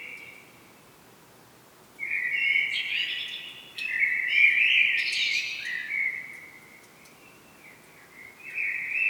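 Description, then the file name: Common blackbird song: long fluting warbled phrases with brief squeaky twitters, then a quiet gap before another phrase begins. "Turdus merula"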